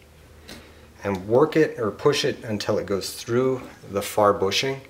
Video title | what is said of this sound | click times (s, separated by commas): How to Clean Carbs, Part 4 - Putting Them Back Together | and you'll push it through and you'll hear it click | 0.5 s